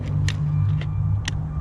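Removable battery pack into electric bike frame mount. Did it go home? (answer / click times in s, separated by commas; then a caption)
yes / 1.3 s. A removable battery pack for an IZIP E3 Edge electric bike is set in at the bottom and slid into the downtube frame mount over a steady low rumble, with short sharp sounds at 0.3 s and 0.8 s. Its lock clicks at 1.3 s, and the pack is confirmed seated and secure.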